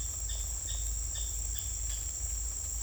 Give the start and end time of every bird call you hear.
[0.27, 2.01] bird call (0.8-4.4 kHz)

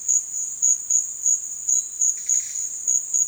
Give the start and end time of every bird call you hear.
[2.13, 2.63] bird call (1.2-8.6 kHz)

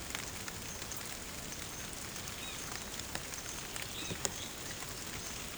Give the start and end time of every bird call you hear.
[2.40, 2.57] bird call (2.1-4.5 kHz)
[3.94, 4.14] bird call (1.9-4.6 kHz)

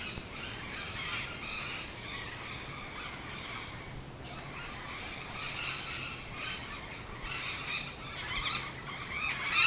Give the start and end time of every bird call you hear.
[0.00, 3.88] bird call (0.7-6.8 kHz)
[4.44, 9.66] bird call (0.7-6.5 kHz)

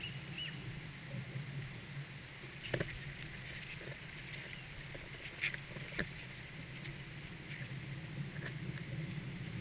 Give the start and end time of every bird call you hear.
[0.00, 0.54] bird call (1.8-3.9 kHz)

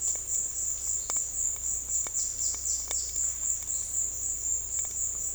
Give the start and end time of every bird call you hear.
[1.83, 3.16] bird call (3.4-7.4 kHz)

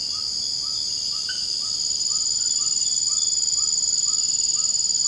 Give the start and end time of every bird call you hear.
[0.00, 5.07] bird call (0.7-1.6 kHz)

